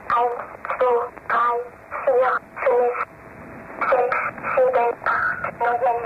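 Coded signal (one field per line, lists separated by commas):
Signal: numbers station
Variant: Swedish Rhapsody, German child voice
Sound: a child-like voice reading about nine short words at an even pace over a narrow radio channel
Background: radio static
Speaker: hard to hear but it's definitely numbers yeah it's German numbers oh it's German numbers yeah it sounds like a Child Swedish Swedish Rap City Yep this is the Swedish Rap City station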